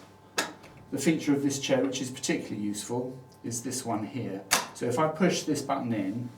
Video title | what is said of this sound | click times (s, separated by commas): The Solo Office Task Chair | there's a paddle here lifted up you hear it click now the chair will move | 0.4 s